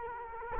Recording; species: mosquito wingbeat signal from an infrared sensor; Culex quinquefasciatus